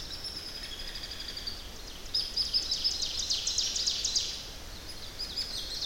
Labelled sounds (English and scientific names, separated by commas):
Ovenbird (Seiurus aurocapilla) song